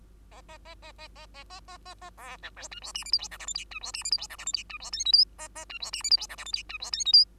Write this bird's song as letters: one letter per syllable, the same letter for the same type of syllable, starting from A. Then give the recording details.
A A A A A A A A A A A B C D E F G H I J K L M N E F G H I J K L M N E F O P Q A A E F G H I J K L M N E F O P Q. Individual Bird2